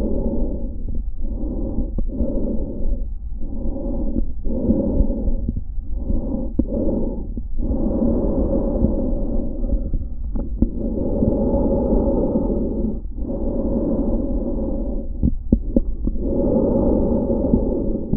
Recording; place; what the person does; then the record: lung sounds by stethoscope; trachea; quiet breathing, then deep breathing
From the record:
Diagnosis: asthma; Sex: female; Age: 65 years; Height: 157 cm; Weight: 70.2 kg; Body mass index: 28.5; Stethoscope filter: diaphragm mode